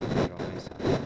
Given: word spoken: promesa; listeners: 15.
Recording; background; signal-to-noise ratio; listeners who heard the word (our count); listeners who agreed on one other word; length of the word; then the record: one Spanish word in noise, from a listening test; noise modulated by one talker; -12.8 dB; 4 of 15; 7 of 15; 0.66 s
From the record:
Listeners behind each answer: 7, 4, 2, 1, 1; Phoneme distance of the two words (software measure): 7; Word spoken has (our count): 3 syllables, 7 phonemes, stress on syllable 2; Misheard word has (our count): 3 syllables, 8 phonemes, stress on syllable 2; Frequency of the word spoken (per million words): 19.16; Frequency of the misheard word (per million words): 15.78